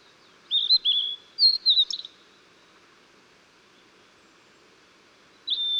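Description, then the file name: Blue-and-white flycatcher song: a short run of fluttering whistled notes in the first two seconds, then silence, and a new phrase beginning at the very end. Recorded 14 June 2009. "20090614 ooruri"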